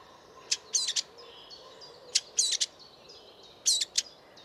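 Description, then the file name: Eurasian blackcap calls: hard 'tac' clicks in small groups of two to four, separated by short pauses. "Sylvia atricapilla"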